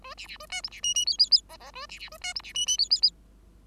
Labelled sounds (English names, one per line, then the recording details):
Bengalese Finch song
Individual Bird5